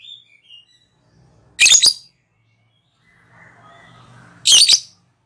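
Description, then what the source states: Lovebird giving two harsh, high squawks, each about half a second long, separated by a quiet stretch of about two and a half seconds. Lovebird calling in the ngekek style, the local name for a song type.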